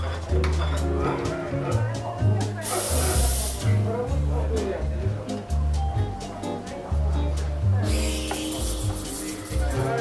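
Seaside cafe ambience with a steady low, rhythmic backing of deep notes stepping between pitches, likely soft music. Murmured voices and small clinks sit on top, while two bursts of hissing spray rise around three seconds and again from about eight seconds.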